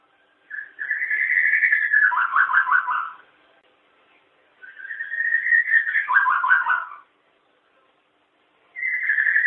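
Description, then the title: Long-tailed shrike singing: a sustained whistled note sliding into a fast warbling trill, repeated twice, with a third phrase starting at the end. "Kicau Burung Pentet"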